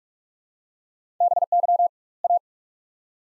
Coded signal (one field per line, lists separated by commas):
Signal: Morse code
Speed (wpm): 46 wpm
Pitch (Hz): 700 Hz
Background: none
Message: BY A